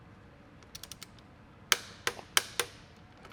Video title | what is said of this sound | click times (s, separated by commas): Volkswagen 09G & 09M Transmission Service - ECS DIY | There's that satisfying click. | 1.7 s, 2.4 s